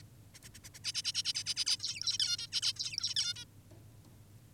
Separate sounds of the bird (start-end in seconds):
0.34-0.39, 0.44-0.49, 0.54-0.59, 0.64-0.70, 0.74-0.80, 0.84-0.92, 0.94-1.02, 1.04-1.12, 1.14-1.23, 1.25-1.33, 1.35-1.44, 1.46-1.54, 1.56-1.65, 1.66-1.77, 1.80-2.18, 2.20-2.37, 2.38-2.47, 2.52-2.61, 2.62-2.73, 2.76-3.14, 3.16-3.34, 3.36-3.45